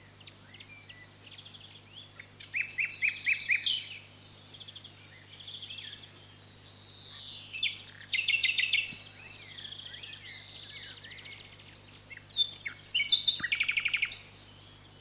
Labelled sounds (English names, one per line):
Common Nightingale song